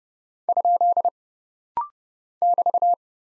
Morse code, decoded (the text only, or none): ? <BT>